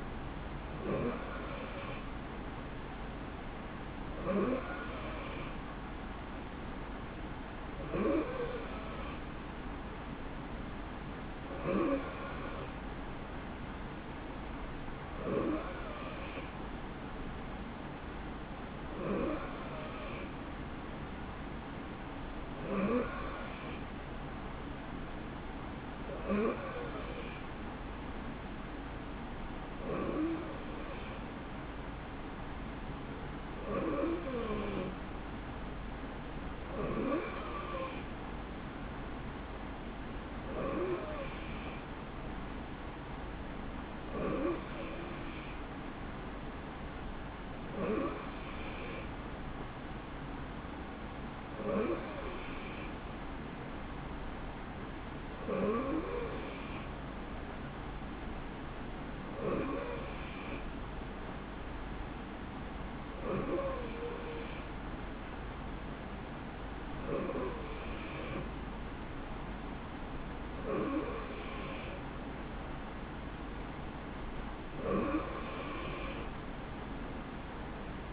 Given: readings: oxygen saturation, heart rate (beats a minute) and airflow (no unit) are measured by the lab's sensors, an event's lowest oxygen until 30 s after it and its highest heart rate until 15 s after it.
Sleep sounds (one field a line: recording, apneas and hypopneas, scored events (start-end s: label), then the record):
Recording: breathing in sleep by a voice recorder at the bedside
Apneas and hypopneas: none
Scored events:
26.00-78.13 s: new sleep stage, N3 (deep sleep)
From the record:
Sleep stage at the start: N2 (light sleep)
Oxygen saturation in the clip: 90 to 91%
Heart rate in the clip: 62 to 71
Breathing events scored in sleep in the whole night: 160 in 9.3 hours asleep